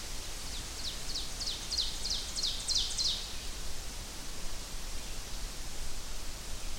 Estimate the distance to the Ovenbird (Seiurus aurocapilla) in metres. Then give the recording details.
about 25 m. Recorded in boreal forest in Alberta, Canada, on 30 June 2016 at 08:27. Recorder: SongMeter 3, array SBT-6-79. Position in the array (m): 185 m, 31 m. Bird 39